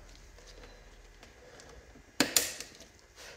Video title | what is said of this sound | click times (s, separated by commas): SNOO teardown and health check | you'll hear a nice satisfying click as you push them back in now | 2.2 s, 2.4 s